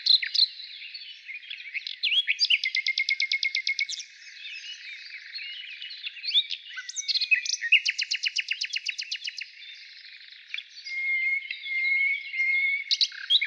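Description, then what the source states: Nightingale song with two long, steady trills of repeated notes topped by faint high pulses, separated by scratchy, varied phrases. Heard in the morning.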